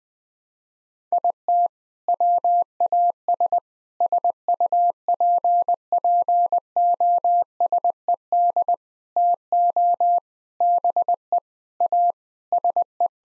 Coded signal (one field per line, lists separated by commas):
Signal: Morse code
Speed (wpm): 20 wpm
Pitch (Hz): 700 Hz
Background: none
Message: IT WAS SUPPOSED TO BE A SE